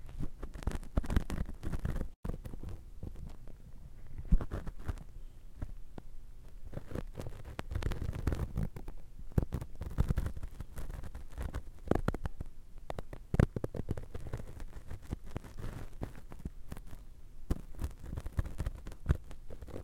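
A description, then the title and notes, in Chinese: Cotton swabs are rubbed and tapped, making a dense, irregular stream of soft scratches, crackles and muffled thuds that runs the whole time. Sharper pops stand out near 4 and 13 seconds, with a brief silent break just after 2 seconds. 棉花棒 ASMR。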